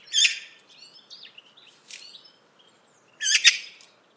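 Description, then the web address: Bird calls: a loud harsh chirp, then softer chattering and whistled notes, ending with another raspy burst. Call rendered as "Pi Pi Pi Pi". "cianscape birddata Deverinetal 2025"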